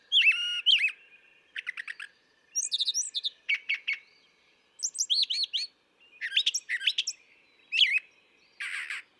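Brown thrasher song, a long sequence of varied, musical phrases, each typically repeated two or three times, separated by brief silences.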